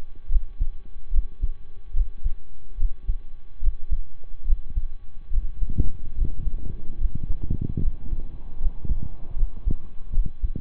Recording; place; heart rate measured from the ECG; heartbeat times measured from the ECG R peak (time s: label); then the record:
heart sounds by stethoscope; between the tricuspid and mitral areas; 73 bpm
0.26 s: heartbeat
1.08 s: heartbeat
1.90 s: heartbeat
2.74 s: heartbeat
3.58 s: heartbeat
4.42 s: heartbeat
5.27 s: heartbeat
6.12 s: heartbeat
6.95 s: heartbeat
7.77 s: heartbeat
8.56 s: heartbeat
9.32 s: heartbeat
10.09 s: heartbeat
From the record:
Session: slow and fast walking with breaks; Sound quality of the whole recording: saturated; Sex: male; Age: 25 years